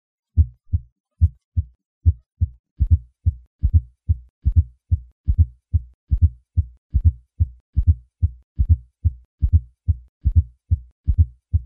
Although a fourth heart sound may be audible in otherwise normal older persons, experts agree that if a fourth heart sound is palpable as well as audible then it is an abnormal finding and suggests decreased ventricular compliance. A palpable fourth heart sound feels like a double impulse at the cardiac apex. Heart sound is normally faint, and it is heard best at the point of maximal impulse with the patient in the left lateral position.